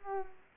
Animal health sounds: mosquito wingbeat signal from an infrared sensor; Culex pipiens

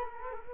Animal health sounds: mosquito wingbeat signal from an infrared sensor; Culex quinquefasciatus

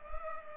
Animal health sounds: mosquito wingbeat signal from an infrared sensor; Culex pipiens

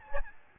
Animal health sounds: mosquito wingbeat signal from an infrared sensor; Aedes albopictus

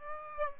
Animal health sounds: mosquito wingbeat signal from an infrared sensor; Aedes aegypti

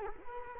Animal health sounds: mosquito wingbeat signal from an infrared sensor; Culex quinquefasciatus

